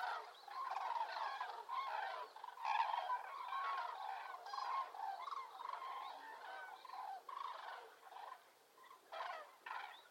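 Cranes calling in a flock, dense overlapping bugling notes in bursts, a constant chorus of many birds.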